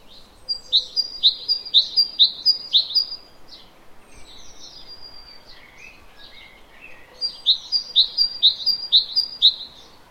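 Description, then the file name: Great tit gives two runs of quick, sharp high notes, with softer chirps between them. "Parus major"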